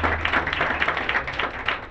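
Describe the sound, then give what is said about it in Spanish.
An audience claps together in a dense, steady wash of many hands, the rapid overlapping claps blending into a loud, continuous applause with no clear individual rhythm. “Yo aplaudí.”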